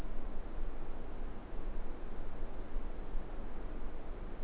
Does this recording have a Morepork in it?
no